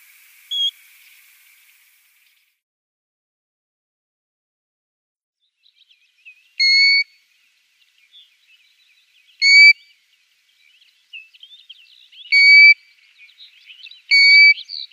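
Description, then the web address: European golden plover: one short whistle, a long silence, then four whistles at uneven intervals over faint chattering. "Schulze Peter Eurasian Golden-Plover calls"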